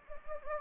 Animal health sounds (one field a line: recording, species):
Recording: mosquito wingbeat signal from an infrared sensor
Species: Anopheles gambiae